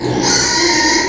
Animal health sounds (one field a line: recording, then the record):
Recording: squeal of a Yucatan mini pig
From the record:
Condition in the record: before surgery on the right vocal fold (resection and tissue-engineered implant)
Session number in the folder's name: 1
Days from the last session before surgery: -3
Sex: male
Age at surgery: 12 weeks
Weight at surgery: 13 kg